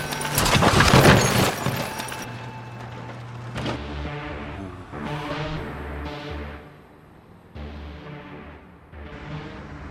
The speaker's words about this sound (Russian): стреляет по колесам. Давай, на 3-4! Машина переворачивается.